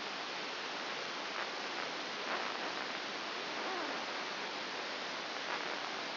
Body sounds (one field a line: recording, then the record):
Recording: brain microelectrode recording played as sound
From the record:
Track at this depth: outside the subthalamic nucleus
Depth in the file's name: 6.501 mm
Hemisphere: left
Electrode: 2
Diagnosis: Parkinson's disease